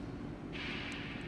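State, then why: Not seated. A retaining clip is being pushed into the barrel on the second side of a CDS ILS lens assembly, repeating the step done on the first side. A steady low rumble runs throughout, a brighter hiss in the 2–4 kHz range comes in from about 0.5 s, and faint high ticks appear near 0.7, 0.9 and 1.2 s. Nothing has seated or clicked yet.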